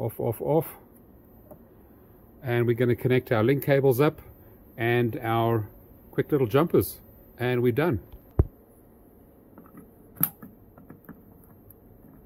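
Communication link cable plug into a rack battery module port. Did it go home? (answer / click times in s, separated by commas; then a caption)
yes / 10.2 s. Someone talks, then a link cable and short jumper cables are plugged into the communication ports of PYTES 5.1 kWh 48V rack-mount LiFePO4 battery modules set up with Growatt off-grid inverters. After a sharp tap at 8.4 s, a communication cable plug snaps into a rack battery module port with a crisp click at 10.2 s, followed by a few faint ticks. The plug is seated.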